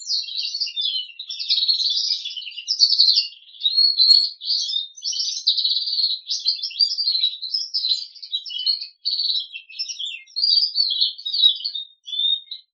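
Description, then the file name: Crested canary song, a long, steady flow of warbled trills and chirps with brief breaths between phrases. "kenari jambul"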